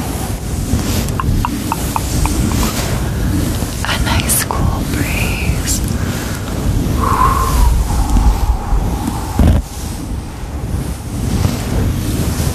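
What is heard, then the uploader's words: A quick run of light, evenly spaced taps sounds early on, followed by a couple of short rising and falling mouth-made tones around the middle and a sharp knock near the ninth second. A heavy, steady low roar like wind or surf runs underneath throughout. Sounds include Hand Sounds, Tapping, & Mouth Sounds.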